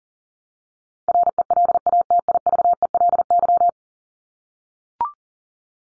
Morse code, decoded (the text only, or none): RELATIVELY